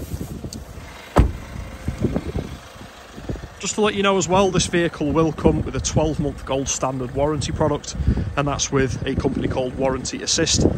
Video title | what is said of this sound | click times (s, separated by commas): Hyundai Santa Fe 2.2 CRDi Style Auto 4WD Euro 5 5dr (7 seat) | uh so yeah in a great overall condition as well and to put it back you just literally go like that put it down and it locks into place | 0.5 s